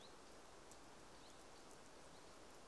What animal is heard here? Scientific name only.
Phylloscopus collybita